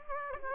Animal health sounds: mosquito wingbeat signal from an infrared sensor; Aedes aegypti

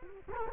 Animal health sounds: mosquito wingbeat signal from an infrared sensor; Culex quinquefasciatus

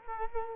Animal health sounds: mosquito wingbeat signal from an infrared sensor; Culex quinquefasciatus

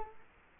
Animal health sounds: mosquito wingbeat signal from an infrared sensor; Culex quinquefasciatus

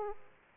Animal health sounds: mosquito wingbeat signal from an infrared sensor; Aedes aegypti

